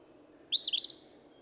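Eastern phoebe delivering a single brisk phrase: a crisp rising note then a raspy, stuttering buzz lasting under half a second.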